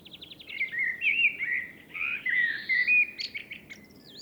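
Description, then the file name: Common blackbird song: a brief buzzy trill, then a continuous run of fluty, warbling phrases sliding around mid pitch, ending in high squeaky twitters and sharp notes. "Turdus merula"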